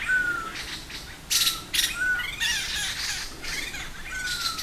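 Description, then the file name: Buffy laughingthrush calling: short falling whistles mixed with loud, harsh, scratchy squawks and a burst of rapid stacked chattering notes. "laughingthrush-buffy Garrulax-berthemyi"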